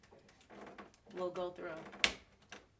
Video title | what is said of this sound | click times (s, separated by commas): How To Convert The Epson Workforce To A Sublimation Printer! So Easy! | and you hear that click that lets you know that it's in and secure you have to hear the click | 2.5 s